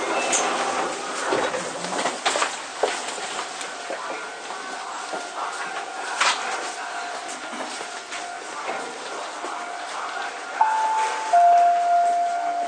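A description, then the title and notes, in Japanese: Inside a commuter train in motion, a steady dense rumble and rattle fill the whole clip, with scattered clicks and jolts and faint voices. Near the end, around ten seconds in, a clear pair of rising tones sounds above the running noise. 京王1000系 渋谷〜吉祥寺。急行運用を録音しました。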